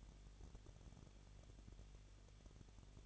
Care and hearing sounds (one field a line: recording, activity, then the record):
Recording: daily activity, microphone in the room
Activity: no activity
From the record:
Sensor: 4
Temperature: 23.1 degrees Celsius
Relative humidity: 33.9%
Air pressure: 1007.2 hPa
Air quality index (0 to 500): 216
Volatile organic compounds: 15 ppm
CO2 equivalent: 2493 ppm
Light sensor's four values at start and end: 2/3/1/1 and 2/3/1/1